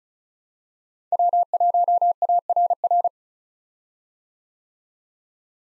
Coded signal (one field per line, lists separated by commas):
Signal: Morse code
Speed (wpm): 36 wpm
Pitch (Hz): 700 Hz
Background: none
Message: W1ARR